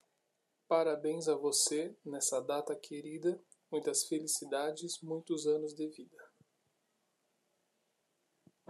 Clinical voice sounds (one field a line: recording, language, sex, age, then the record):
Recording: short text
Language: Brazilian Portuguese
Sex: male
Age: 30 to 39 years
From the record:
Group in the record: control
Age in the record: 33 years